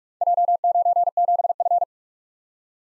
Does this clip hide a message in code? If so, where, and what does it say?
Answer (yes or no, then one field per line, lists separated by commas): yes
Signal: Morse code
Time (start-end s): 0.2-1.8 s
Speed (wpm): 47 wpm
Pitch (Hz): 700 Hz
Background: none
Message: J97F